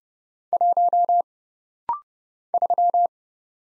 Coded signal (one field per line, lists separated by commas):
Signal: Morse code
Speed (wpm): 30 wpm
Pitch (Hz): 700 Hz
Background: none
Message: 1 3